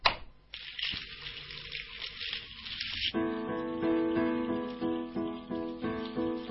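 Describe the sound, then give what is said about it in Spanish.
Water runs and splashes in a steady hiss for about three seconds, then gives way to sustained, pulsing tonal music that carries on to the end. “Vamos a embarcar, amigos, en el viaje de la gota de agua.”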